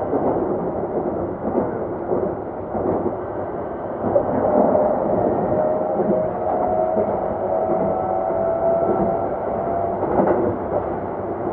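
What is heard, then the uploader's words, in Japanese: A Keikyu 2100 series train runs on the line from Yokohama to Misakiguchi, giving a steady, dense, muffled rumble with no bright top. From about 4 to 9 seconds a faint, thin whine rises over the roar, and the loudness swells slightly then. 京急2100形 横浜〜三崎口。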